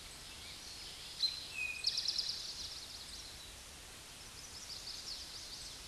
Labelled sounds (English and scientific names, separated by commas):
Eastern Towhee (Pipilo erythrophthalmus) song